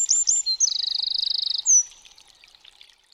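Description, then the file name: Eurasian wren song: high, loud burst of sharp notes leading into a fast, even metallic trill, then a final flourish, with quiet faint twittering after. "STRZYZYK"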